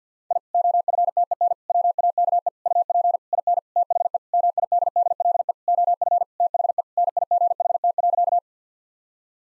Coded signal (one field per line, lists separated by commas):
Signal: Morse code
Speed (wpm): 50 wpm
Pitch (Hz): 700 Hz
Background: none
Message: I OFTEN WAKE UP IN THE MIDDLE OF THE NIGHT.